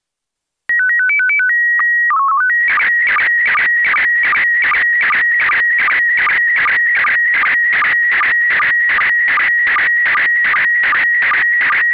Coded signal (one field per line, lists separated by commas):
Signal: SSTV (slow-scan television)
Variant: PD 50